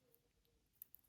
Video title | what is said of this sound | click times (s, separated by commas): Sterling Silver, Pearls, Turquoise Jewelry Haul | see how they lock into place. | 0.8 s, 0.9 s